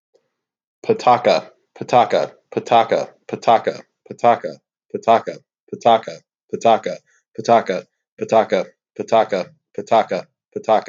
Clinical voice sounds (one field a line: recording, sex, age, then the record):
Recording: repeated syllables /pa ta ka/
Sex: male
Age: 30 to 39 years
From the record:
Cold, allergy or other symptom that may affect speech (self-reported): no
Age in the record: 37 years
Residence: Virginia, United States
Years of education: 18